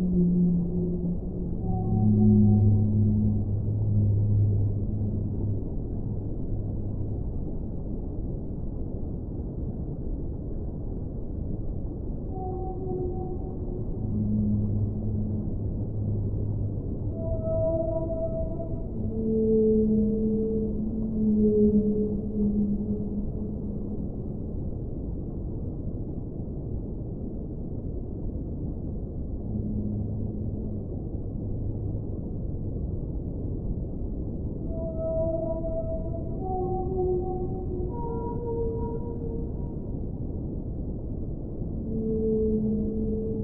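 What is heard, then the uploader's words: Whales call to each other underwater in long, low moans and tonal hums, some sliding upward into higher whistling notes. The calls come in loose phrases every few seconds over a steady, murky underwater rumble, with nothing above the low-to-middle range. Whale Sounds Deep Sleep. The wonderful sound of whales communicating underwater.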